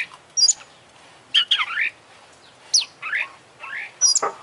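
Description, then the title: Oriental magpie-robin song of varied phrases: high whistled notes, rising slurred whistles and buzzy trills, delivered in short bursts with brief pauses. Champion bird in lively full song (gacor). "Kacer Juara Gacor"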